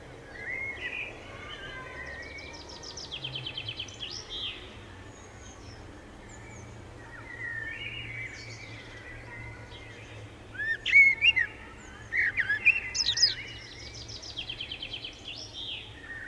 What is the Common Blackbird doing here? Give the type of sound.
song